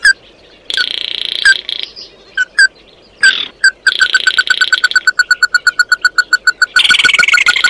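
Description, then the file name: Bird calls: a buzzy phrase and a few sharp notes, then a quick regular series of clipped notes ending in a loud harsh rasp. "Tieng chim mat do"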